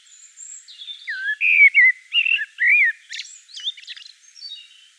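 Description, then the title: Common blackbird singing one phrase of mellow whistled notes that breaks into a rapid, high, scratchy twittering finish. Common blackbird singing in Provence. "Sylvain Jaskowiak - Mes piafs. Merle noir en Provence"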